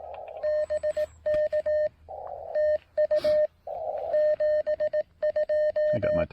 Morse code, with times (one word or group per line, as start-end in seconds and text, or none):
0.4-1.9 BK
2.6-3.5 TU
4.1-6.2 72